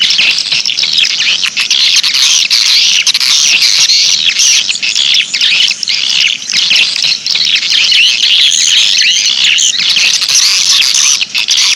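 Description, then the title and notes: Swiftlets twittering in a thick continuous chorus of high, buzzy chirps with hardly a pause. Swiftlet sound used in swiftlet farming, Asia. "Swiflet Bird Sound. Farming Swiflet Bird asia sound"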